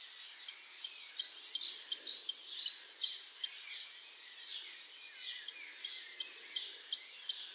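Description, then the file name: Great tit song: bright, evenly repeated high two-syllable phrases in two long strophes, separated by a short pause with faint background chirps. "Parus major"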